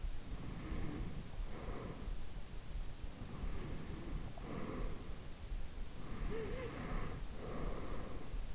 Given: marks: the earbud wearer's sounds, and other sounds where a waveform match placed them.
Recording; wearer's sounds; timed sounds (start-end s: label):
sounds in sleep by an in-ear microphone; breath
0.00-2.23 s: breath
3.21-5.23 s: breath
5.92-8.55 s: breath